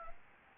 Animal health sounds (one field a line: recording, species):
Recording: mosquito wingbeat signal from an infrared sensor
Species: Aedes albopictus